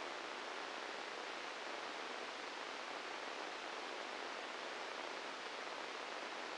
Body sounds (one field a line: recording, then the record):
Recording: brain microelectrode recording played as sound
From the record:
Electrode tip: inside the subthalamic nucleus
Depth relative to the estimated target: 2 mm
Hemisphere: right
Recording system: NeuroSet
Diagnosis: Parkinson's disease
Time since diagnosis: 15 years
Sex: female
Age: 59 years